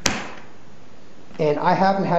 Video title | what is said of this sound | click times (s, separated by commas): Hands On Review: HJC FG-17 Motorcycle Helmet | and then to unlock it you just squeeze it and pull up so it's just a little locking mechanism there | 0.1 s